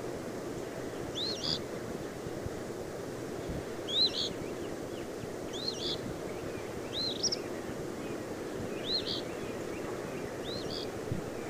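Eastern phoebe giving repeated two-part raspy notes at fairly regular intervals against a constant low rumbling background.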